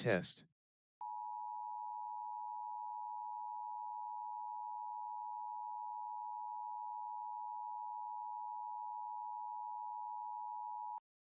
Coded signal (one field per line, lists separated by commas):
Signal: Emergency Alert System (SAME) tones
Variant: 853 and 960 Hz attention tone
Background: speech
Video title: LIVE AM/MW DX: DX Central Live - S. 4, Ep. 16 | Friday, April 26, 2024